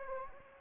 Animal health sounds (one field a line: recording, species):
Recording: mosquito wingbeat signal from an infrared sensor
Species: Anopheles gambiae